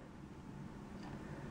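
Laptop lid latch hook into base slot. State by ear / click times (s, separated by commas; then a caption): not seated / none. The lid of an Apple PowerBook G4 15-inch laptop is lowered toward the base, and the small lid latch hook comes out, lined up with the slot in the base. Only a steady low hiss and rumble is heard, with no words. The lid has not been pushed down yet, and nothing has clicked shut.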